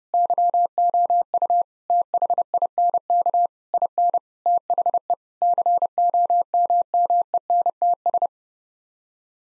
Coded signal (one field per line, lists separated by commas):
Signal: Morse code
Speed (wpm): 32 wpm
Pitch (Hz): 700 Hz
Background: none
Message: YOU THINK IN THE COMMENTS